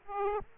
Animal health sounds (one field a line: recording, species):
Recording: mosquito wingbeat signal from an infrared sensor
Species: Aedes aegypti